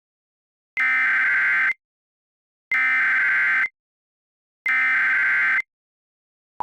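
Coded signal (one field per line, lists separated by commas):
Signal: Emergency Alert System (SAME) tones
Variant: header bursts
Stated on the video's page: Fictional mock alert with a SAGE screen and VHS effects.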